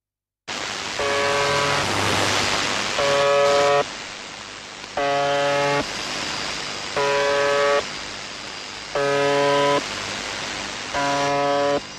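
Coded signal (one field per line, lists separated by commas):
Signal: channel marker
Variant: UVB-76 (The Buzzer)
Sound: six harsh low buzzes, each about one second, repeating every two seconds over static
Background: radio static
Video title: The Conet Project 432 - The Buzzer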